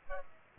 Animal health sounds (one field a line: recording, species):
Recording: mosquito wingbeat signal from an infrared sensor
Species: Culex pipiens